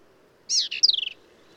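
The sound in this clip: Black-capped vireo: one phrase, a harsh buzzy note followed by a fast series of clear, descending chips.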